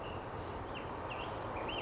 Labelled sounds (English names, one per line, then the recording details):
Ash-throated Flycatcher
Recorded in Sonoma County, California